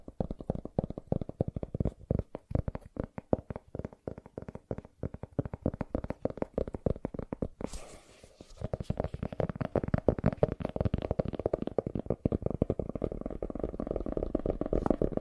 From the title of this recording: ASMR Fast Tapping